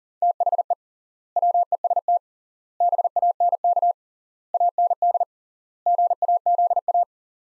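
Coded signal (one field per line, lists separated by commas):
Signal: Morse code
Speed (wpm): 40 wpm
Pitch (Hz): 700 Hz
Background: none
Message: THE WEST BANK AND GAZA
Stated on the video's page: Morse practice in sets of five words at 40 wpm with 3x word spacing, a Farnsworth-like method using words.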